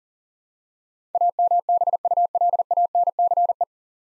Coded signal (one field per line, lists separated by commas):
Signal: Morse code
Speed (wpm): 40 wpm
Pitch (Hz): 700 Hz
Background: none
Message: AMBULANCE